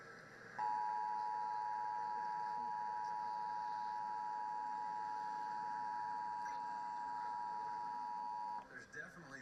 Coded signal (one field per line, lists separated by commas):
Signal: Emergency Alert System (SAME) tones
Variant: 853 and 960 Hz attention tone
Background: speech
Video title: Where There's Fear Pilot: EAS